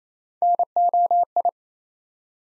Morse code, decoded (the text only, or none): NOI